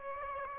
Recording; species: mosquito wingbeat signal from an infrared sensor; Aedes aegypti